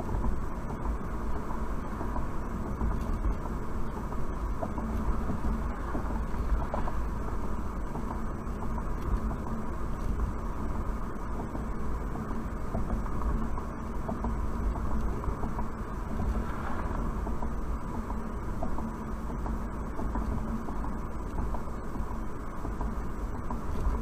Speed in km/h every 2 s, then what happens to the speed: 66, 66, 64, 66, 64, 64, 64, 64, 64, 63, 63, 63.
0-24 steady at about 64.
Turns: none.